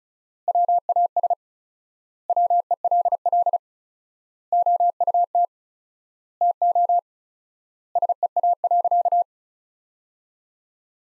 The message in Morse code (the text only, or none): WAS WELL OUT TO SEA.